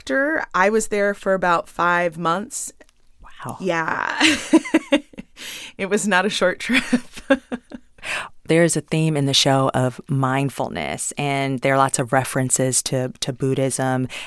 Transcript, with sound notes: I was there for about five months.
Wow.
Yeah (laughter). It was not a short trip (laughter).
There's a theme in the show of mindfulness, and there are lots of references to Buddhism.